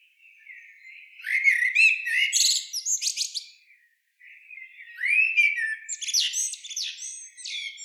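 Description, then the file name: Common blackbird calling in two rapid harsh bouts, each a run of squeaky, rasping notes with high sharp clicks, split by a short pause near four seconds. "Turdus merula"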